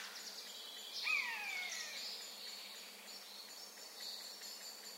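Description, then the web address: Eurasian jay delivering a single sliding, falling mew call about one second in, followed by steady insect hiss and faint high bird notes. "SETE data Garrulus glandarius"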